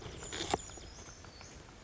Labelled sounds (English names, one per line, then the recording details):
Brown Creeper
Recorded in Sonoma County, California